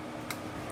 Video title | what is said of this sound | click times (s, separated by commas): We Made Custom Shirts With a Heat Press! VEVOR Auto Heat Press Machine, 15 x 15" | And you'll you'll hear kind of like a drawer click. | 0.3 s